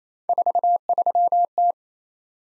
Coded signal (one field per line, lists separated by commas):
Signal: Morse code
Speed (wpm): 29 wpm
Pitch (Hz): 700 Hz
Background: none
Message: 43T